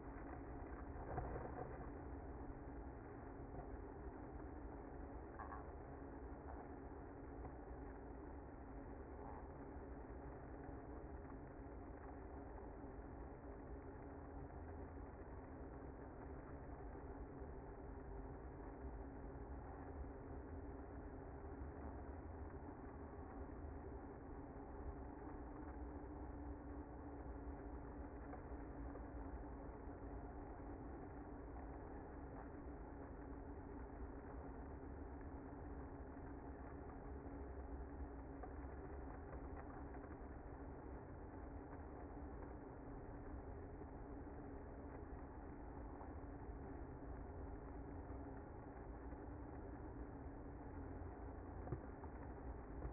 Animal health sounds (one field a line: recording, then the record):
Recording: honeybee colony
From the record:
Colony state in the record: active